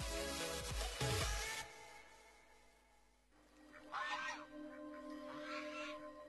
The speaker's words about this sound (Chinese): 鹅鹅鹅，曲项向天歌，白毛浮绿水，红爪拨清波。